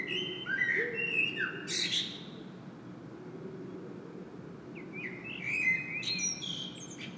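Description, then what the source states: Common blackbird singing: a fluty, mellow warbled phrase near the start ending in high squeaky twitters, then a second phrase after a pause, over steady low background rumble. Common blackbird singing in Saint-Gilles, Belgium; Sony PCM-M10 internal microphone.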